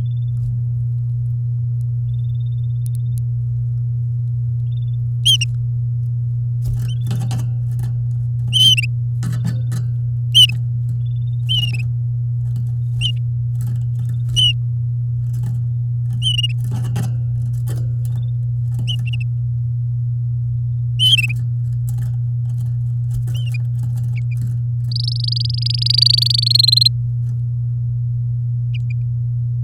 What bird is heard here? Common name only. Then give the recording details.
Domestic Canary. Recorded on 8 May 2018 at 09:16. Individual llb16